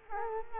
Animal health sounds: mosquito wingbeat signal from an infrared sensor; Culex quinquefasciatus

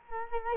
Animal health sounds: mosquito wingbeat signal from an infrared sensor; Culex quinquefasciatus

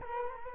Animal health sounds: mosquito wingbeat signal from an infrared sensor; Culex quinquefasciatus

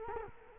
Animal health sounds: mosquito wingbeat signal from an infrared sensor; Culex quinquefasciatus

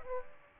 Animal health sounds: mosquito wingbeat signal from an infrared sensor; Aedes aegypti

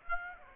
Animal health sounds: mosquito wingbeat signal from an infrared sensor; Aedes aegypti

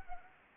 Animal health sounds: mosquito wingbeat signal from an infrared sensor; Anopheles arabiensis

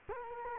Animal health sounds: mosquito wingbeat signal from an infrared sensor; Culex quinquefasciatus

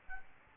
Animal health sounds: mosquito wingbeat signal from an infrared sensor; Aedes albopictus

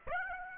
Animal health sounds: mosquito wingbeat signal from an infrared sensor; Aedes aegypti

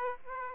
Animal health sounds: mosquito wingbeat signal from an infrared sensor; Aedes aegypti

